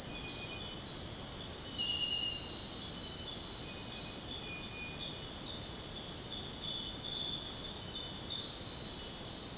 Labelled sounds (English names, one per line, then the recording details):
none
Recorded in dense forest near Puerto Asís, Putumayo, Colombia, on 24 June 2025 at 04:00
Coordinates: 0.499, -76.324
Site G100